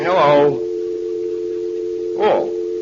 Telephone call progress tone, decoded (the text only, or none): dial tone